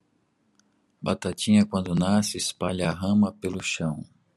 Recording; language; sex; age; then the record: short text; Brazilian Portuguese; male; 40 to 49 years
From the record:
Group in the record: control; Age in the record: 45 years